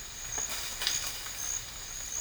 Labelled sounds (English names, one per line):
none